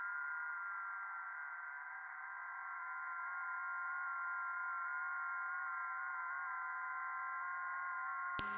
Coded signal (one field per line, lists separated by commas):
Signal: FT8